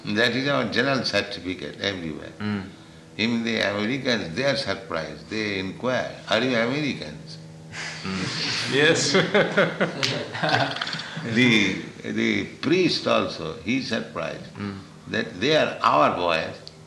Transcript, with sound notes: That is our general certificate, everywhere. Even the Americans, they are surprised. They inquire, "Are you Americans?" [laughter]
Yes.
The, the priest also, he's surprised, that "They are our boys.